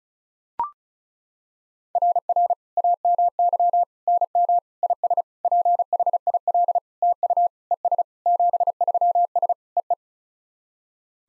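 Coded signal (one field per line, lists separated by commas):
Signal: Morse code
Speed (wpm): 36 wpm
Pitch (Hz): 700 Hz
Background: none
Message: RR AMY NM IS PHIL TU ES 73S EE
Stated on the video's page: SOTA summit-activation QSO copying drill at 35 wpm, each exchange sent twice with spoken version between.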